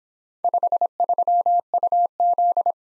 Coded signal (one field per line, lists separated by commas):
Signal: Morse code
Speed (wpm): 26 wpm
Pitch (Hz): 700 Hz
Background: none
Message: 53UZ